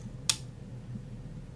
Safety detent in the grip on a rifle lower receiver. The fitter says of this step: you might have heard that little audible click there that was our détente our